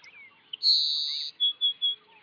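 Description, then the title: Grassland sparrow singing a single high, thin buzz lasting over half a second, then three short clipped high notes in quick succession. "LuckyPassaro Completos2Sama. Grassland Sparrow (Ammodramus humeralis)"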